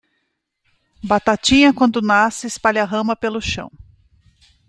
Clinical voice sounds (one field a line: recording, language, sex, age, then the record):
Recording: short text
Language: Brazilian Portuguese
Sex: female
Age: 40 to 49 years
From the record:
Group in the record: control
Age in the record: 47 years